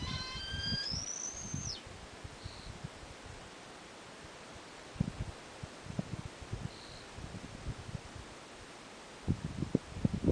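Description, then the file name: Tahiti petrel giving a single drawn-out whistled call at the start, rich in overtones, sliding up to a long high note before cutting off; low rustling and thumps follow. "Tahiti Petrel Pseudobulweria rostrata"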